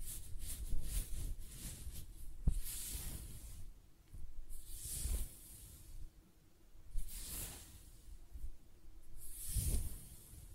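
Close-up hair sounds: repeated scratchy, hissing strokes across the hair, bright and airy, arriving in bursts about every two to three seconds. Low rustling and soft thumps sit underneath, with a sharp click near two and a half seconds and quieter gaps between strokes.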